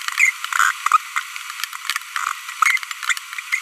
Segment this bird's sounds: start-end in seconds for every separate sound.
0.18-0.30, 0.92-0.97, 2.62-2.77